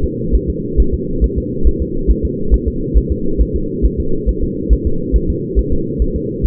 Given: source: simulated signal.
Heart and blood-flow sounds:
fetal heart sounds
0.04 s: S2
0.35 s: S1
0.50 s: S2
0.80 s: S1
0.94 s: S2
1.24 s: S1
1.38 s: S2
1.67 s: S1
1.82 s: S2
2.11 s: S1
2.25 s: S2
2.54 s: S1
2.68 s: S2
2.98 s: S1
3.12 s: S2
3.41 s: S1
3.56 s: S2
3.85 s: S1
4.00 s: S2
4.29 s: S1
4.44 s: S2
4.73 s: S1
4.87 s: S2
5.16 s: S1
5.30 s: S2
5.59 s: S1
5.73 s: S2
6.02 s: S1
6.16 s: S2
6.46 s: S1
From the record:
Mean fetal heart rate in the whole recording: 135 bpm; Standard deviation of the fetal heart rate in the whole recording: 3 bpm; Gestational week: 34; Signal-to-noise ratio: -8.1 dB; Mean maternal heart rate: 72 bpm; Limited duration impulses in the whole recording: absent

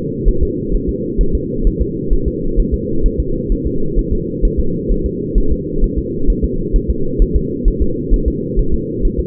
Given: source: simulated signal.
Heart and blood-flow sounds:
fetal heart sounds
0.28 s: S1
0.43 s: S2
0.75 s: S1
0.89 s: S2
1.21 s: S1
1.35 s: S2
1.67 s: S1
1.81 s: S2
2.13 s: S1
2.28 s: S2
2.59 s: S1
2.74 s: S2
3.06 s: S1
3.20 s: S2
3.52 s: S1
3.66 s: S2
3.99 s: S1
4.13 s: S2
4.45 s: S1
4.59 s: S2
4.92 s: S1
5.06 s: S2
5.38 s: S1
5.52 s: S2
5.84 s: S1
5.98 s: S2
6.30 s: S1
6.44 s: S2
6.76 s: S1
6.90 s: S2
7.22 s: S1
7.36 s: S2
7.68 s: S1
7.82 s: S2
8.14 s: S1
8.28 s: S2
8.59 s: S1
8.74 s: S2
9.05 s: S1
9.19 s: S2
From the record:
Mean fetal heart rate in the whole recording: 130 bpm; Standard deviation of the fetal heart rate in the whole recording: 2 bpm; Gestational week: 38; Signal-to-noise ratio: -8.1 dB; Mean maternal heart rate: 72 bpm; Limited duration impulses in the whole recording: absent

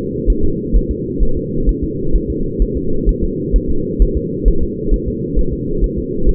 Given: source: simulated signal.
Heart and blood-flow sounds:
fetal heart sounds
0.30 s: S1
0.44 s: S2
0.76 s: S1
0.91 s: S2
1.23 s: S1
1.37 s: S2
1.69 s: S1
1.84 s: S2
2.16 s: S1
2.30 s: S2
2.62 s: S1
2.77 s: S2
3.09 s: S1
3.24 s: S2
3.56 s: S1
3.70 s: S2
4.02 s: S1
4.17 s: S2
4.48 s: S1
4.63 s: S2
4.94 s: S1
5.08 s: S2
5.39 s: S1
5.53 s: S2
5.84 s: S1
5.98 s: S2
6.29 s: S1
From the record:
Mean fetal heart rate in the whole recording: 130 bpm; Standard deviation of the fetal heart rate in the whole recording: 2 bpm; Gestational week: 36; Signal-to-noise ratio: -8.1 dB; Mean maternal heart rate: 72 bpm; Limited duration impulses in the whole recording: absent

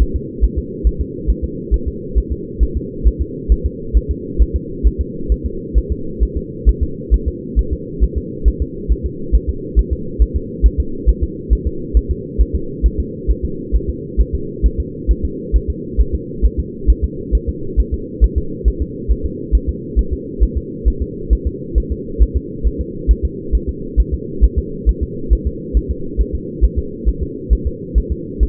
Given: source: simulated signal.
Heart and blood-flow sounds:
fetal heart sounds
0.02 s: S1
0.16 s: S2
0.44 s: S1
0.59 s: S2
0.87 s: S1
1.01 s: S2
1.30 s: S1
1.44 s: S2
1.74 s: S1
1.88 s: S2
2.18 s: S1
2.32 s: S2
2.63 s: S1
2.77 s: S2
3.07 s: S1
3.21 s: S2
3.52 s: S1
3.66 s: S2
3.97 s: S1
4.11 s: S2
4.42 s: S1
4.56 s: S2
4.87 s: S1
5.01 s: S2
5.32 s: S1
5.46 s: S2
5.78 s: S1
5.92 s: S2
6.23 s: S1
6.37 s: S2
6.69 s: S1
6.83 s: S2
7.14 s: S1
7.28 s: S2
7.59 s: S1
7.73 s: S2
8.04 s: S1
8.18 s: S2
8.48 s: S1
8.62 s: S2
8.92 s: S1
9.06 s: S2
9.35 s: S1
9.49 s: S2
9.79 s: S1
9.93 s: S2
10.22 s: S1
10.36 s: S2
10.66 s: S1
10.80 s: S2
11.09 s: S1
11.23 s: S2
11.53 s: S1
11.67 s: S2
11.97 s: S1
12.11 s: S2
12.41 s: S1
12.55 s: S2
12.86 s: S1
13.00 s: S2
13.31 s: S1
13.45 s: S2
13.75 s: S1
13.90 s: S2
14.21 s: S1
14.35 s: S2
14.66 s: S1
14.80 s: S2
15.11 s: S1
15.25 s: S2
15.56 s: S1
15.70 s: S2
16.01 s: S1
16.15 s: S2
16.45 s: S1
16.60 s: S2
16.90 s: S1
17.04 s: S2
17.35 s: S1
17.49 s: S2
17.80 s: S1
17.94 s: S2
18.24 s: S1
18.38 s: S2
18.68 s: S1
18.82 s: S2
19.11 s: S1
19.26 s: S2
19.55 s: S1
19.69 s: S2
19.99 s: S1
20.13 s: S2
20.43 s: S1
20.57 s: S2
20.88 s: S1
21.02 s: S2
21.33 s: S1
21.47 s: S2
21.78 s: S1
21.92 s: S2
22.22 s: S1
22.36 s: S2
22.67 s: S1
22.81 s: S2
23.11 s: S1
23.25 s: S2
23.55 s: S1
23.69 s: S2
24.00 s: S1
24.14 s: S2
24.44 s: S1
24.59 s: S2
24.89 s: S1
25.03 s: S2
25.33 s: S1
25.47 s: S2
25.77 s: S1
25.91 s: S2
26.21 s: S1
26.35 s: S2
26.64 s: S1
26.79 s: S2
27.09 s: S1
27.23 s: S2
27.53 s: S1
27.67 s: S2
27.98 s: S1
28.12 s: S2
28.43 s: S1
From the record:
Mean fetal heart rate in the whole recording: 135 bpm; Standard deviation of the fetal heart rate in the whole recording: 3 bpm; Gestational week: 34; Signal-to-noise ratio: -4.3 dB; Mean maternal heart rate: 72 bpm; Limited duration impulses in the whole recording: absent

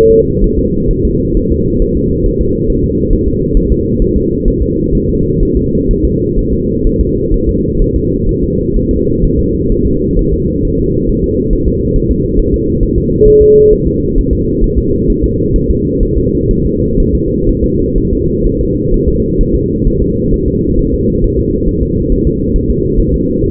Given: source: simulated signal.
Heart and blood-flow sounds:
fetal heart sounds
0.12 s: S2
0.44 s: S1
0.59 s: S2
0.91 s: S1
1.05 s: S2
1.37 s: S1
1.52 s: S2
1.82 s: S1
1.97 s: S2
2.26 s: S1
2.41 s: S2
2.70 s: S1
2.84 s: S2
3.13 s: S1
3.28 s: S2
3.57 s: S1
3.72 s: S2
4.02 s: S1
4.16 s: S2
4.48 s: S1
4.62 s: S2
4.95 s: S1
5.09 s: S2
5.43 s: S1
5.57 s: S2
5.91 s: S1
6.05 s: S2
6.39 s: S1
6.53 s: S2
6.87 s: S1
7.01 s: S2
7.34 s: S1
7.49 s: S2
7.82 s: S1
7.96 s: S2
8.29 s: S1
8.44 s: S2
8.77 s: S1
8.91 s: S2
9.24 s: S1
9.39 s: S2
9.72 s: S1
9.87 s: S2
10.19 s: S1
10.34 s: S2
10.65 s: S1
10.79 s: S2
11.10 s: S1
11.24 s: S2
11.53 s: S1
11.68 s: S2
11.96 s: S1
12.11 s: S2
12.39 s: S1
12.54 s: S2
12.83 s: S1
12.98 s: S2
13.28 s: S1
13.42 s: S2
13.73 s: S1
13.87 s: S2
14.18 s: S1
14.33 s: S2
14.64 s: S1
14.78 s: S2
15.10 s: S1
15.24 s: S2
15.56 s: S1
15.71 s: S2
16.03 s: S1
16.18 s: S2
16.51 s: S1
16.66 s: S2
17.00 s: S1
17.15 s: S2
17.49 s: S1
17.64 s: S2
17.98 s: S1
18.13 s: S2
18.47 s: S1
18.61 s: S2
18.94 s: S1
19.09 s: S2
19.41 s: S1
19.55 s: S2
19.87 s: S1
20.02 s: S2
20.34 s: S1
20.48 s: S2
20.79 s: S1
20.94 s: S2
21.24 s: S1
21.39 s: S2
21.69 s: S1
21.83 s: S2
22.12 s: S1
22.27 s: S2
22.56 s: S1
22.70 s: S2
23.00 s: S1
23.14 s: S2
23.44 s: S1
From the record:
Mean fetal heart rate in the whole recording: 130 bpm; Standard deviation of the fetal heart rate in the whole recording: 4 bpm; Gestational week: 38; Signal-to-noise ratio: -10.2 dB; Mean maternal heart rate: 72 bpm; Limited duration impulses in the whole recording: present

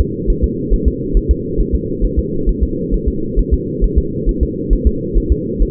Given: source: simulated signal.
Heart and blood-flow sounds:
fetal heart sounds
0.00 s: S2
0.30 s: S1
0.44 s: S2
0.74 s: S1
0.88 s: S2
1.17 s: S1
1.31 s: S2
1.61 s: S1
1.75 s: S2
2.05 s: S1
2.19 s: S2
2.49 s: S1
2.63 s: S2
2.94 s: S1
3.08 s: S2
3.39 s: S1
3.54 s: S2
3.84 s: S1
3.98 s: S2
4.29 s: S1
4.43 s: S2
4.73 s: S1
4.87 s: S2
5.18 s: S1
5.32 s: S2
5.62 s: S1
From the record:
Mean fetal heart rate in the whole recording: 135 bpm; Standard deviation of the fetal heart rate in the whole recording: 3 bpm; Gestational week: 36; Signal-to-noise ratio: -6.6 dB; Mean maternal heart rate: 72 bpm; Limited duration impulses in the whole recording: present

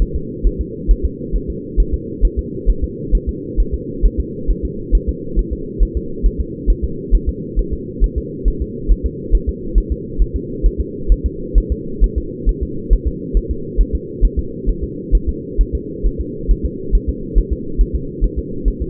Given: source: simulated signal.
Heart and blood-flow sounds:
fetal heart sounds
0.02 s: S1
0.16 s: S2
0.47 s: S1
0.61 s: S2
0.91 s: S1
1.05 s: S2
1.36 s: S1
1.50 s: S2
1.80 s: S1
1.94 s: S2
2.25 s: S1
2.39 s: S2
2.70 s: S1
2.84 s: S2
3.15 s: S1
3.29 s: S2
3.60 s: S1
3.74 s: S2
4.06 s: S1
4.20 s: S2
4.51 s: S1
4.65 s: S2
4.95 s: S1
5.09 s: S2
5.39 s: S1
5.53 s: S2
5.83 s: S1
5.97 s: S2
6.26 s: S1
6.41 s: S2
6.70 s: S1
6.84 s: S2
7.15 s: S1
7.29 s: S2
7.59 s: S1
7.73 s: S2
8.04 s: S1
8.18 s: S2
8.48 s: S1
8.62 s: S2
8.91 s: S1
9.06 s: S2
9.35 s: S1
9.49 s: S2
9.78 s: S1
9.92 s: S2
10.22 s: S1
10.36 s: S2
10.66 s: S1
10.80 s: S2
11.12 s: S1
11.26 s: S2
11.58 s: S1
11.72 s: S2
12.04 s: S1
12.18 s: S2
12.49 s: S1
12.63 s: S2
12.93 s: S1
13.07 s: S2
13.37 s: S1
13.51 s: S2
13.81 s: S1
13.95 s: S2
14.25 s: S1
14.39 s: S2
14.69 s: S1
14.84 s: S2
15.15 s: S1
15.29 s: S2
15.61 s: S1
15.75 s: S2
16.06 s: S1
16.21 s: S2
16.51 s: S1
16.65 s: S2
16.95 s: S1
17.09 s: S2
17.38 s: S1
17.53 s: S2
17.81 s: S1
17.95 s: S2
18.24 s: S1
18.38 s: S2
18.68 s: S1
18.82 s: S2
From the record:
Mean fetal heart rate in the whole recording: 135 bpm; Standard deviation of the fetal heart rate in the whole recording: 3 bpm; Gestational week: 36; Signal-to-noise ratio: -4.3 dB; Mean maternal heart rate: 72 bpm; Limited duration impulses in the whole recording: absent

